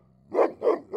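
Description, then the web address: Dog giving three loud, deep barks in a quick, even series. Big dog barking. "lynne-publishing Big Dog Barking"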